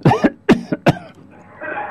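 An adult gives three quick, voiced, harsh cough bursts in about one second over the phone, each followed by a short catch of breath, ending in faint line noise. It is a deliberate 'reality cough', performed on request rather than spontaneous.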